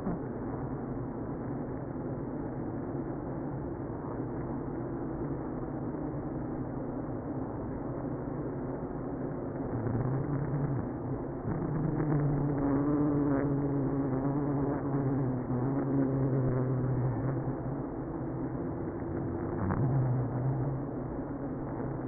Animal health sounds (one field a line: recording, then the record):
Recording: honeybee colony, microphone inside the hive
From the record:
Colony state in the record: queenless (queen removed)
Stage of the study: after two queens were removed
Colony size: about 60,000 bees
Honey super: yes